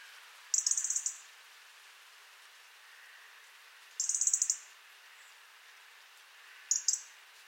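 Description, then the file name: European robin giving three short bursts of high-pitched ticking notes over faint steady background hiss. "Erithacus rubecula"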